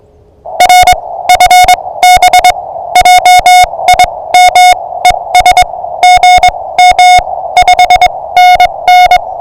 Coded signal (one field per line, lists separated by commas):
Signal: Morse code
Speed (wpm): 22 wpm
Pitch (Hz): 720 Hz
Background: music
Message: R FB JIM ES GM 5NN